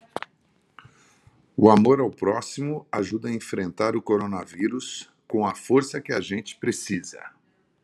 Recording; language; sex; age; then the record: spoken sentence; Brazilian Portuguese; male; 50 to 59 years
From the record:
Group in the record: control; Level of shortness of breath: 0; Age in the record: 53 years